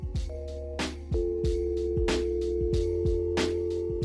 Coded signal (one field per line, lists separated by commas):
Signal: telephone call progress tone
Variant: North America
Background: music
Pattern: dial tone